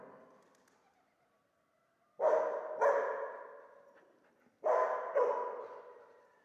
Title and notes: Fès, Fès-Meknès, Maroc - le chien du palais El Glaoui. Dans la cour du palais (en décrépitude avancée), un vieux chien est "prisonnier" dans le bassin/piscine. Il se dresse sur ses pattes arrières pour entrevoir quelques secondes ce qui se passe dans la cour et "invective" les visiteurs de ses aboiements. JF CAVRO